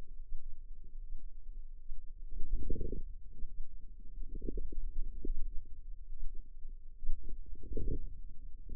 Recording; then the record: forearm muscle sounds (acoustic myography)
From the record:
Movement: wrist flexion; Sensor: system 2, bracelet of six BSWA MPA416 microphones around the upper forearm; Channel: 1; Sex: female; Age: 25 years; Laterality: right